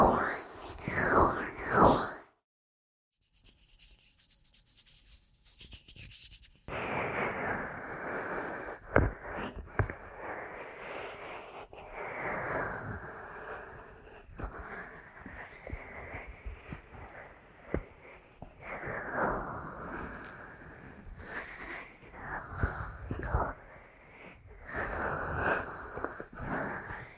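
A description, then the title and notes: Dense rubbing and rustling of ear massage with soft taps, a brief silence near three seconds, then steady muffled scratching throughout. ASMR Aggressive Ear Massage & Tapping (No Talking).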